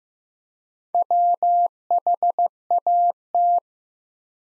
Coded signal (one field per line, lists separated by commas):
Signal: Morse code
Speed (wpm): 15 wpm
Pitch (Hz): 700 Hz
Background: none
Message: WHAT